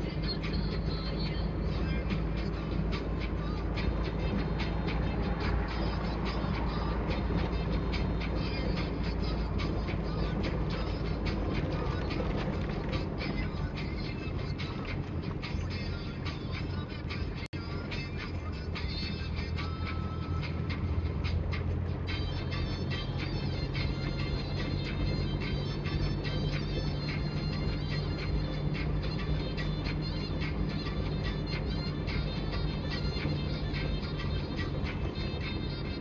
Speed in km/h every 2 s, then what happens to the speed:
36, 37, 37, 37, 36, 34, 29, 27, 26, 28, 30, 31, 32, 33, 33, 32, 31, 30.
0-8 steady at about 37. 8-15 slows to 26. 15-25 speeds up to 33. 25-36 steady at about 32.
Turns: none.